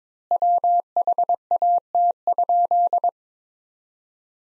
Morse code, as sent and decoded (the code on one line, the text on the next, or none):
.-- .... .- - ..--..
WHAT?